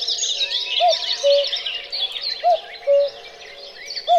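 Cuckoo calls, the hooting two-note phrase repeated a few times, over a constant backdrop of high chirping birdsong.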